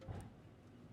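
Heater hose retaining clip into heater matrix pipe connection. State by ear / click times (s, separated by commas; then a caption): not seated / none. A heater hose retaining clip on a VW Caddy 2K is handled at the heater matrix pipe connection after a flush to fix cold blowers. A dull, low rumbling handling noise peaks around 0.1–0.2 s, then fades into a steady low hum. Nothing has clicked or seated yet.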